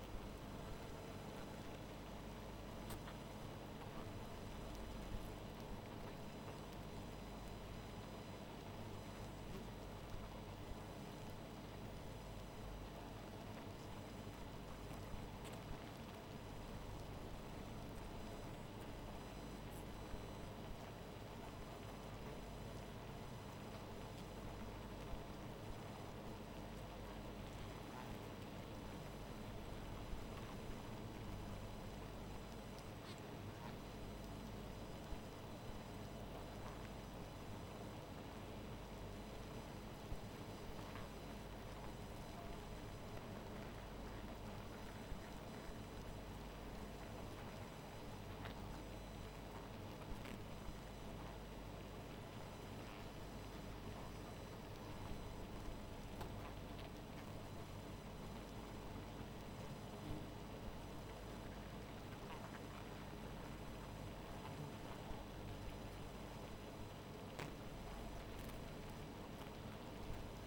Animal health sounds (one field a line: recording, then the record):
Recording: honeybee colony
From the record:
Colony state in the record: missing queen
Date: 14 July 2017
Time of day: 0:40